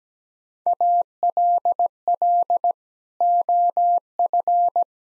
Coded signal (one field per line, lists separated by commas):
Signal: Morse code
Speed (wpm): 17 wpm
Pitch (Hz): 700 Hz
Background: none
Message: ALL OF